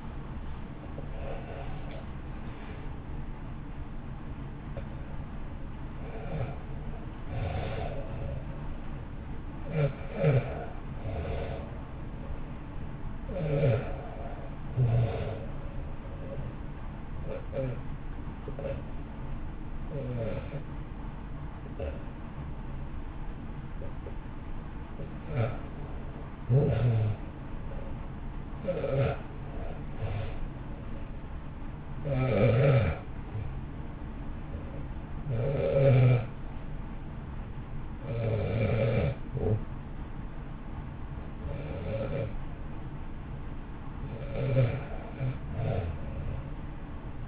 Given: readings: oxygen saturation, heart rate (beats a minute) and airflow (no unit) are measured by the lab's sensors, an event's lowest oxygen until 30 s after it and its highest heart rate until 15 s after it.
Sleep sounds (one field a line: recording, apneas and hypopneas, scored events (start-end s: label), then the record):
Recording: breathing in sleep by a smartphone at the bedside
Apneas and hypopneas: 1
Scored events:
18.00-31.80 s: hypopnea (N1, oxygen 94% highest, then 90% lowest, heart rate 56 at the start, 61 highest)
From the record:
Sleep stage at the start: N1 (lightest sleep)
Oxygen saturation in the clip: 74 to 94%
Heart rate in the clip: 54 to 77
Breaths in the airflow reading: 10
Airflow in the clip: -2.8 to 3.4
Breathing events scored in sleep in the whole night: 328 in 6.3 hours asleep